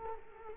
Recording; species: mosquito wingbeat signal from an infrared sensor; Culex quinquefasciatus